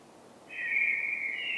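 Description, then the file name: Common blackbird giving a single sustained fluted whistle, steady and slightly wavering, lasting about a second over a quiet hiss. "Turdus merula"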